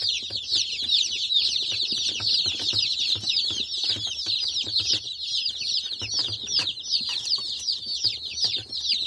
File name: chicks